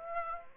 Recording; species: mosquito wingbeat signal from an infrared sensor; Aedes aegypti